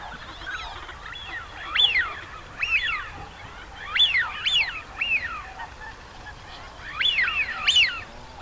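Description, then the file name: Eurasian wigeon whistles: sharp rising-then-falling 'whee-oo' notes given in quick pairs and small bursts, several times throughout, over faint background hiss. Male. "sviyaz golos samca"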